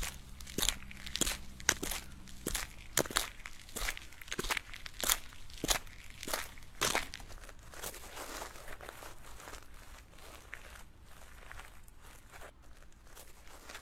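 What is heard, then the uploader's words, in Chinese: Footsteps, likely high heels, strike outdoors in a steady rhythm of sharp, bright clicks about twice a second for the first seven seconds. After that the steps grow softer and blur into a quieter gritty crunching, with a low hum underneath early on. 户外徒步｜高跟鞋｜走路音 ｜脚步声。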